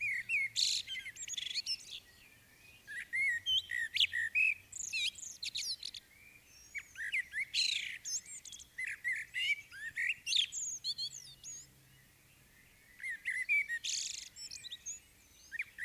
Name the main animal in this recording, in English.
Common Blackbird